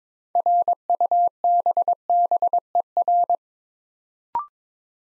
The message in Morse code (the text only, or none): RUBBER